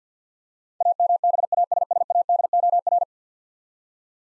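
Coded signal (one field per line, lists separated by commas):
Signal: Morse code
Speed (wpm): 50 wpm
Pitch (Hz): 700 Hz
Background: none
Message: AMBASSADOR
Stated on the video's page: Morse practice drill of 10-letter words at 50 wpm; each word sent twice for head-copy.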